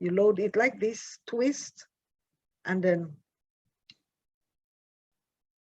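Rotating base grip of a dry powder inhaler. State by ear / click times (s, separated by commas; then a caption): seated / 3.9 s. Someone talks while twisting the plastic base grip of a dry powder inhaler away and then back to load a dose. A short, sharp click at 3.9 s marks the end of the twist back, showing the dose is loaded.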